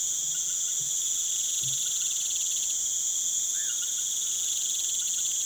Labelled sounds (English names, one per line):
none